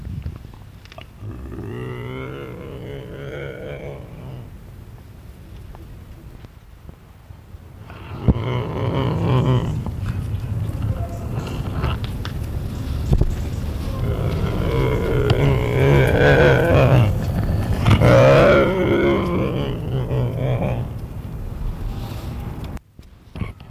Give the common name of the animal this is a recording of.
Eurasian Lynx